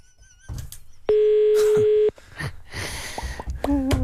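A loud, steady telephone dial tone hums for about a second, then cuts off, followed by rustling handset noise and a few short beeping tones as a number is dialed.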